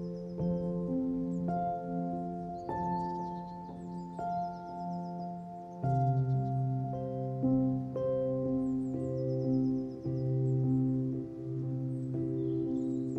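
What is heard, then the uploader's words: Gentle music of sustained low chords shifting every few seconds, with soft chime-like strikes and faint, quick bird chirps high above. Wind and Birdsong.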